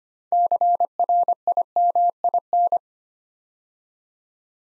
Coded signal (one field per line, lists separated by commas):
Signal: Morse code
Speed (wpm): 26 wpm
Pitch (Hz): 700 Hz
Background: none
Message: CRIMIN